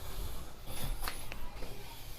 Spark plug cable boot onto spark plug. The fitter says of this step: make sure you feel or hear that clicking sound